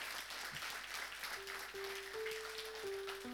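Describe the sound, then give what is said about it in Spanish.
A church audience claps steadily as applause to God, in a dense, continuous burst of applause, with a sustained organ-like tone rising in pitch underneath partway through. “Entonces vamos a darle ese aplauso a Dios Todopoderoso que reina.”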